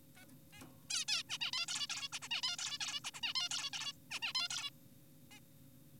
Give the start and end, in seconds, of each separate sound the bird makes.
0.18-0.24, 0.53-0.62, 0.90-1.05, 1.08-1.23, 1.29-1.38, 1.41-1.51, 1.53-1.66, 1.68-1.87, 1.90-2.08, 2.13-2.19, 2.22-2.28, 2.31-2.42, 2.43-2.56, 2.59-2.78, 2.81-3.00, 3.04-3.11, 3.14-3.20, 3.23-3.34, 3.36-3.49, 3.51-3.70, 3.73-3.93, 4.11-4.20, 4.22-4.33, 4.35-4.48, 4.50-4.70, 5.31-5.40